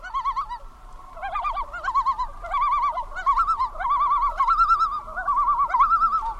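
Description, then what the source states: Common loon yodel: a string of loud, wavering, tremulous phrases, each rising and falling, repeated almost without pause over several seconds. Yodel of a male on his breeding territory, given with neck outstretched and head waving side to side; entices females and asserts territory.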